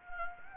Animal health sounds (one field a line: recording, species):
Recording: mosquito wingbeat signal from an infrared sensor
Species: Anopheles gambiae